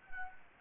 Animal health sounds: mosquito wingbeat signal from an infrared sensor; Anopheles gambiae

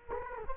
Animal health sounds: mosquito wingbeat signal from an infrared sensor; Culex quinquefasciatus

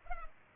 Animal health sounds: mosquito wingbeat signal from an infrared sensor; Culex pipiens

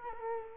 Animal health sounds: mosquito wingbeat signal from an infrared sensor; Culex quinquefasciatus

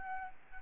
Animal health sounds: mosquito wingbeat signal from an infrared sensor; Aedes albopictus

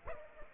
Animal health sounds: mosquito wingbeat signal from an infrared sensor; Aedes aegypti

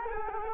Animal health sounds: mosquito wingbeat signal from an infrared sensor; Culex quinquefasciatus

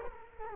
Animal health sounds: mosquito wingbeat signal from an infrared sensor; Culex quinquefasciatus

